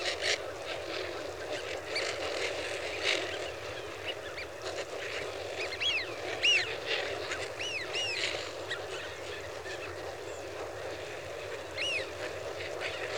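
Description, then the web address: Eurasian wigeon whistles, a cluster of arched whistled calls in the middle among scattered softer flock notes and continuous low background rumble. "The BBC Sound Effects Library. Wigeon (Anas Penelope) Flock"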